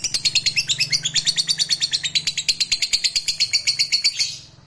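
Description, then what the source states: Lovebird giving a long, rapid chattering trill of pulsed high notes, steady throughout and fading at the end. Fighter lovebird performing ngekek panjang, a long trill.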